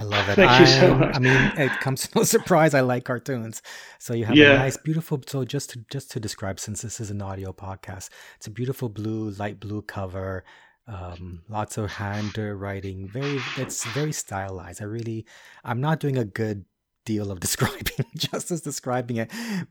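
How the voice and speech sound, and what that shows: Relaxed conversational speech from an adult man at a moderate pace, with a low, steady voice and clear articulation. A few phrase repetitions and self-corrections occur ("just to, just to"), within the range of everyday talk, and another voice briefly interjects.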